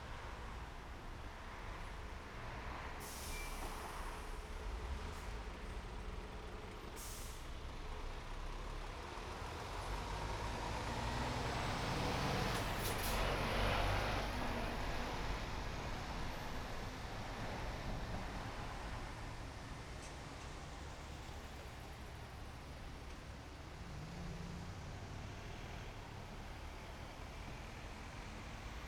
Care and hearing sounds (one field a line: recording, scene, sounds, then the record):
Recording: everyday scene through a hearing-aid microphone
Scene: in traffic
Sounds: traffic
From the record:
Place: main road on the outskirts, rush hour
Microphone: behind the ear, right, front